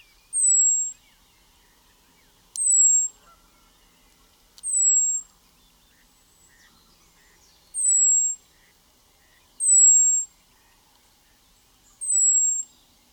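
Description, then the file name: European robin giving a steady run of high, thin, falling whistled calls every couple of seconds, with a few faint clicks. "Erithacus rubecula"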